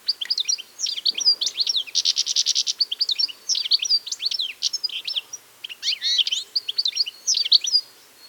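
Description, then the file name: European goldfinch twittering, a continuous run of high liquid chirps and trills with a brief buzzy rattle, lively and fast throughout. "Carduelis carduelis"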